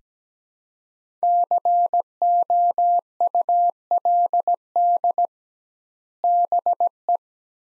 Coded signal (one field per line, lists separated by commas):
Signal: Morse code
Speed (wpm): 17 wpm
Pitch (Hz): 700 Hz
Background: none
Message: COULD BE